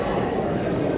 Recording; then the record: background sound without coughing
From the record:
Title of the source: 40 min - Ambience sounds UNIVERSITY lunchroom chatting